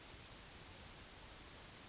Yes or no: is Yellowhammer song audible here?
no